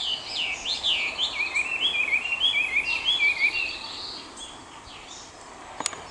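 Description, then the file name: Chinese hwamei song: a rapid run of loud, looping whistled phrases sliding up and down for about four seconds, then fainter chirps and a sharp click near the end. Recorded on 30 April 2021. "20210430 ガビチョウ"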